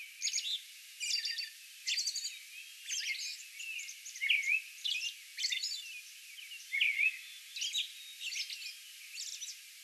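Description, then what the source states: American robin singing a series of short whistled phrases and high squeaky notes. Song bout recorded on May 11.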